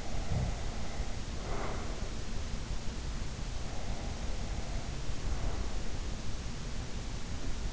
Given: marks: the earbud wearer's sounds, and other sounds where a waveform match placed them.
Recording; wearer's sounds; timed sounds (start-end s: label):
sounds in sleep by an in-ear microphone; breath
0.00-2.19 s: breath
3.76-5.72 s: breath